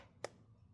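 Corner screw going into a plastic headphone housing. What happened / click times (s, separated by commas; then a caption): The screw thread dropped into its original thread / 0.2 s. The opposite corner screw is back-twisted into the plastic housing of a Sony WH-1000XM5 (YY2954) headphone until its thread finds the original thread. A single sharp click sounds at 0.3 s against a quiet background. The screw is seated in the original thread, ready to be tightened.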